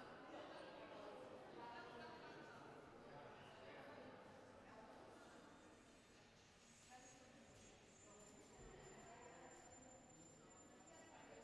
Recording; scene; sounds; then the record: everyday scene through a hearing-aid microphone; reverberant space; background noise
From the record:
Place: railway station hall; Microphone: behind the ear, right, front